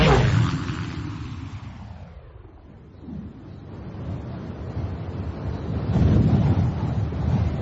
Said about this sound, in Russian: Солнце скрылось за тучами. Порывы ветра кружили листву.